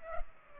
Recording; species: mosquito wingbeat signal from an infrared sensor; Culex pipiens